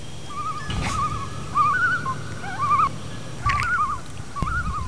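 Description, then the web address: Common loon calls: wavering, quavering phrases repeated in several bursts, with a few low thumps. Minnesota. "Mama Bear Minn loon"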